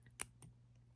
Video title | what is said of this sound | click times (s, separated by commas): Fine Jewelry Chain Tamer for Wearing Multiple Necklaces or Bracelets. Real Gold & Silver Clasps | like it snaps in place and it stays in place | 0.2 s